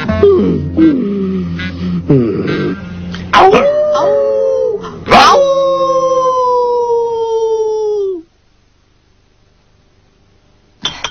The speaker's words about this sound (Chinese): 你咪大声啲吠吠到佢走为止咯。